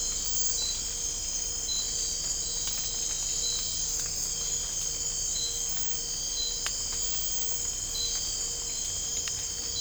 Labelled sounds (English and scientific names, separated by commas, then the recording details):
none
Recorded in dense forest near Puerto Asís, Putumayo, Colombia, on 20 December 2024 at 02:30
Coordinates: 0.499, -76.324
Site G045